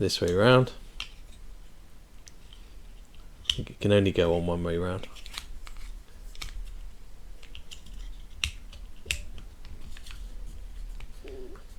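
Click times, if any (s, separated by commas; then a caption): 8.4 s, 9.1 s. Someone talks while a small plastic/metal hose fitting from the oil pan hose assembly is oriented and pushed onto the oil pan of a 1:8 scale model engine for a 1966 Batmobile build kit. Two sharp clicks at 8.4 s and 9.1 s mark the fitting seating firmly in place.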